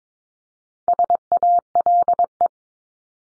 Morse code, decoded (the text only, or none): SALE